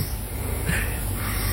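Steady low rumbling snore from an adult man asleep, with a brief louder swell midway, a continuous droning sound like a vacuum cleaner, kept up at much the same volume without gaps for hours, all night long.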